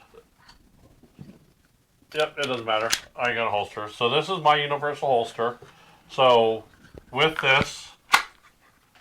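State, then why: Seated. Someone talks while a Glock pistol is pushed into a universal holster, then a sharp snap is heard at 8.1 s. The pistol seats and is retained in the holster, fitting snugly without coming out.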